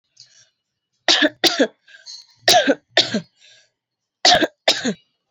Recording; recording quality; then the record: heavy voluntary cough; excellent, no background noise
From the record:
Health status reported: exposed to COVID-19, no respiratory illness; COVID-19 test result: not tested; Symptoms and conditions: cough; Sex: female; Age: 28 years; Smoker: not ticked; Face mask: not worn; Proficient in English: yes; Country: India